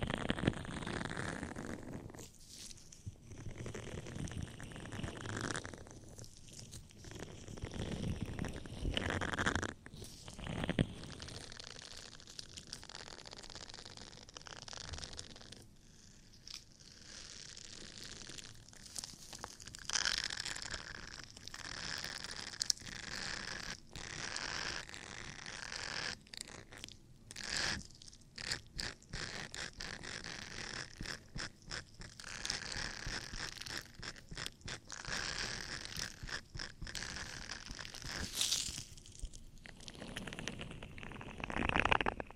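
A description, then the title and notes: Ear cleaning sounds, with close rustling, scraping and crackling textures that rise and fall in bursts. Dense, irregular activity fills the clip, with sharper clusters of crinkly taps after about twenty seconds and brief quieter gaps around ten and sixteen seconds. ASMR Relaxing Ear Cleaning & Ear Attention [NO TALKING].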